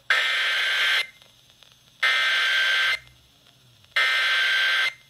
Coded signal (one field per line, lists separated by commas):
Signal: Emergency Alert System (SAME) tones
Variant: header bursts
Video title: EAS- SGX SVR Relay on KFRG-FM!